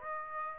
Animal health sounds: mosquito wingbeat signal from an infrared sensor; Aedes aegypti

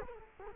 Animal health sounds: mosquito wingbeat signal from an infrared sensor; Culex quinquefasciatus

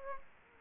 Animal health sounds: mosquito wingbeat signal from an infrared sensor; Aedes aegypti

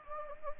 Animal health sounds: mosquito wingbeat signal from an infrared sensor; Anopheles gambiae

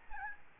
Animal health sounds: mosquito wingbeat signal from an infrared sensor; Aedes albopictus

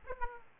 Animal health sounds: mosquito wingbeat signal from an infrared sensor; Aedes aegypti

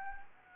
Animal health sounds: mosquito wingbeat signal from an infrared sensor; Anopheles gambiae

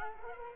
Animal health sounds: mosquito wingbeat signal from an infrared sensor; Culex quinquefasciatus

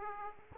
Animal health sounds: mosquito wingbeat signal from an infrared sensor; Aedes aegypti

